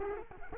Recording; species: mosquito wingbeat signal from an infrared sensor; Culex quinquefasciatus